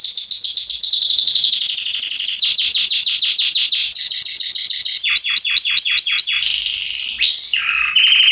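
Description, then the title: Belgian canary in full song, rapid high trills giving way to a series of steeply descending notes, then sweeping whistles, all without a break. Male Belgian canary singing a lot, meant to warm up young canaries. "Canrio Belga Salsa"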